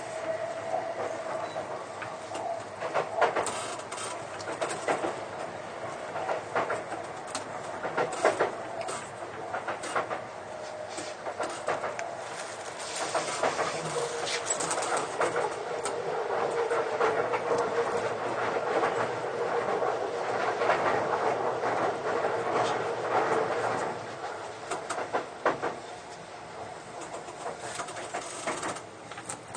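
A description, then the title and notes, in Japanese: A Sotetsu 20000 series train runs between Yokohama and Shonandai, a steady rolling rumble with frequent rail clicks and knocks throughout. A faint tone holds in the middle range, and the running noise swells louder and brighter from about fifteen to twenty-three seconds before easing. 相鉄20000系 横浜ー湘南台。快速に乗車し、録音。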